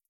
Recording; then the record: hydrophone in a shrimp aquaculture tank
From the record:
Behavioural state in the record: feeding